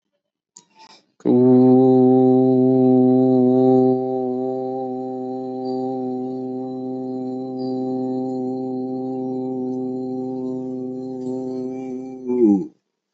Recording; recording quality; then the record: sustained vowel as in boot; excellent, no background noise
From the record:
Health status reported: healthy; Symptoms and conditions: none ticked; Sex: male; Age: 34 years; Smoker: not ticked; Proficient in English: yes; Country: India